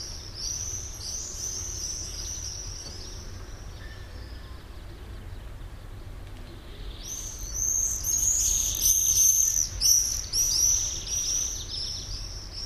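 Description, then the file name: Common swift screams, faint high shrill trills at first, then a loud burst of overlapping screeching calls from several birds in the second half. "Mauersegler"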